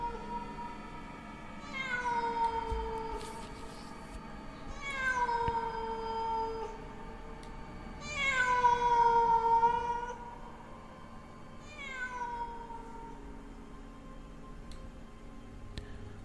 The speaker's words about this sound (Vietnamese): Đâu đây có tiếng con mèo hoang đi qua đi lại ở trong đêm, kêu lên văng vẳng, rợn người lắm.